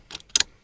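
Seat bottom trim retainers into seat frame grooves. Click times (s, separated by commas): 0.4 s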